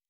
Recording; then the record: hydrophone in a shrimp aquaculture tank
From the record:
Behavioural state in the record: normal